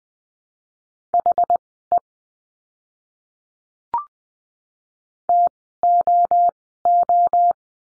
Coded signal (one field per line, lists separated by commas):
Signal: Morse code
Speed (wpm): 20 wpm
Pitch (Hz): 700 Hz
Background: none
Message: HE TOO